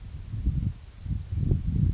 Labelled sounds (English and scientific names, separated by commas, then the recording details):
Yellowhammer (Emberiza citrinella) song
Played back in forest
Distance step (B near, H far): G
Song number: 055